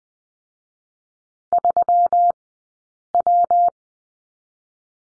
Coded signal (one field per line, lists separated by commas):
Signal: Morse code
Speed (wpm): 20 wpm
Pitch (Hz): 700 Hz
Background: none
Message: 3 W